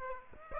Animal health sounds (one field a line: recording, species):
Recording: mosquito wingbeat signal from an infrared sensor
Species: Aedes aegypti